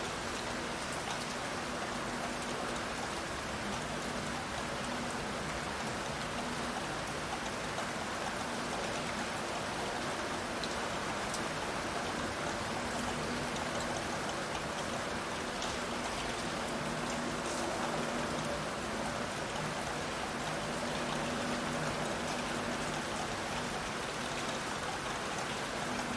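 Rain falls steadily and densely, an even hiss of drops spread from low to bright tones with no breaks across the whole stretch. Faint low hums come and go underneath, like an engine or machinery.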